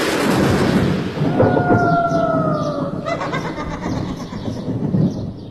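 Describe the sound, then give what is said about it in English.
A night thunderstorm rumbles steadily throughout, a dense low roar with no voices, while a thin, steady howl like whistling wind rises above it for a couple of seconds midway. “But they say he returns to Middleton Hall on stormy nights like this one, rattling the windows and banging on the doors.”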